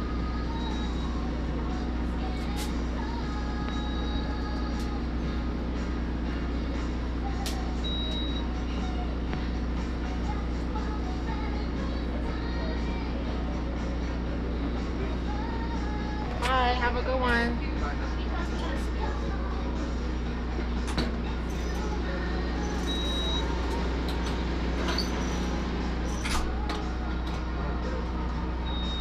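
Inside a mobile blood donation bus, a steady low engine hum runs throughout beneath a local radio station playing voices and music. Occasional short beeps and clicks break in, and a brief warbling electronic chirp sounds around the middle.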